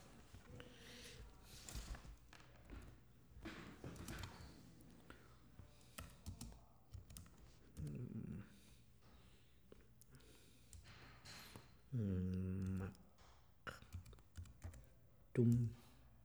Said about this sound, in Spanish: Si quiere, yo lo escribo. Lo tecleo.